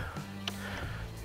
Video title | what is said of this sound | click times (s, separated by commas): Ryobi Triple Threat - Round 2 - Trim, Mow, & Blow in 4K | that one as well clicks into place | 0.5 s